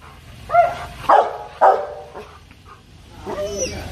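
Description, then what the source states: Dog giving three sharp barks in quick succession, followed by quieter, scattered yelps and a soft tonal sound near the end. Dog barking fiercely.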